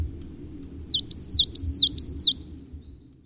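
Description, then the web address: Coal tit song, a bright high phrase of about six quick two-note units repeated evenly, over a faint low background hum. "Madardalok Fenyves cinege"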